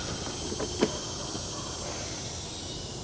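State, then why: Not seated. A new fuel injector is handled and pressed toward its seat in the engine and fuel rail of a BMW E30 M3. A few soft knocks sound between about 0.5 and 0.9 seconds, the strongest near 0.8 seconds, over a steady hiss that continues to the end. Nothing has seated or clicked into place yet.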